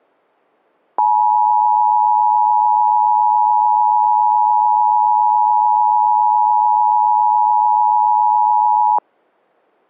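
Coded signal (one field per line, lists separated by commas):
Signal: Emergency Alert System (SAME) tones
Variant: 853 and 960 Hz attention tone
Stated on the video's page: Fictional EAS scenario, simulated alert.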